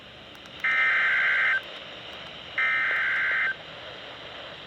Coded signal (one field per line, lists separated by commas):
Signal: Emergency Alert System (SAME) tones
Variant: header bursts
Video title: Severe Thunderstorm Warning On WWG52 7/23/22 (EAS #1422)